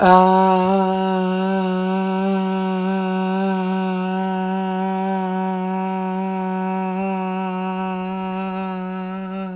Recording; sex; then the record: sustained vowel /a/; female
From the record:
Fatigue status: no fatigue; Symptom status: asymptomatic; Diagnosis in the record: COVID-19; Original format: m4a